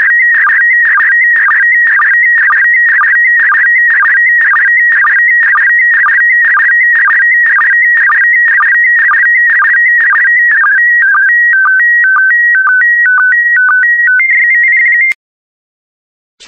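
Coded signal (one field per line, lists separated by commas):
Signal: SSTV (slow-scan television)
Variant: PD120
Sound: warbling whistle-like tone with rapid regular ticks, ending in steady stepped tones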